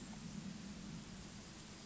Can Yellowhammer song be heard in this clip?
no